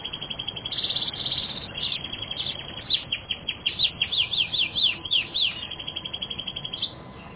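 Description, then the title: Canary song: bright chirps building into a quick series of sharp repeated notes, then easing off toward the end. "kenarijos"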